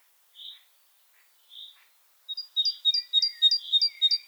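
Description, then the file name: Great tit: two soft high notes, then a fast run of sharp two-part phrases, with some lower notes beneath. "Parus major"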